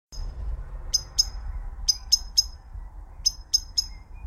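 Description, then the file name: Bird chirps, short bright notes in small bursts of two or three, spread over a few seconds with a low rumble underneath. "Bird Chirping And Flying Away"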